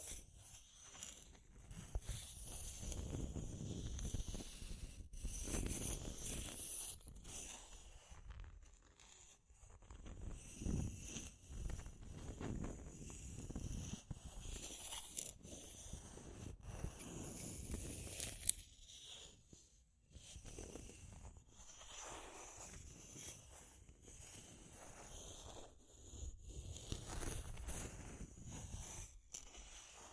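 Deep scratching rasps in uneven strokes with brief pauses, low and rough, alongside a faint steady high hiss, the strokes bunching into irregular bursts.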